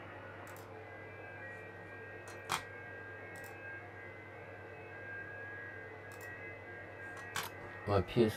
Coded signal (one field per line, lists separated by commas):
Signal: FT8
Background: speech